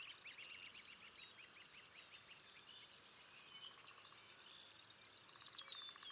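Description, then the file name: Henslow's sparrow giving its brief high, sputtering two-part song twice, about five seconds apart; a softer warbling bird and a steady high insect buzz fill the gap. "Ammodramus henslowii - Henslow's Sparrow"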